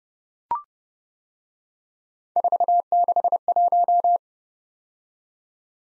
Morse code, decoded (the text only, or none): 461